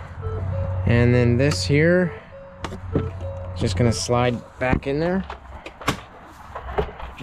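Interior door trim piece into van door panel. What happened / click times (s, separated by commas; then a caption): The plastic trim piece snapped into place / 5.9 s. An interior door trim piece is slid back into its opening in the door panel of a Ford Transit van while someone talks. Several short knocks and scrapes follow, and the trim piece pops into place with a sharp click at 5.9 seconds.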